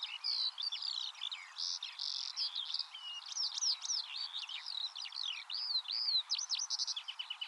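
Eurasian skylark, a fast cascading stream of high whistles, slurred notes and quick trills, unbroken throughout.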